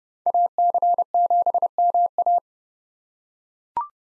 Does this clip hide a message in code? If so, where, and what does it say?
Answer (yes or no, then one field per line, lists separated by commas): yes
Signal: Morse code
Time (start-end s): 0.3-2.4 s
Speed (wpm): 31 wpm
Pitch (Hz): 700 Hz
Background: none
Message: AC7MA